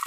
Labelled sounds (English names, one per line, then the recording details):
Green-rumped Parrotlet babbling
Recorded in a nest box in Venezuela
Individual 18B25A4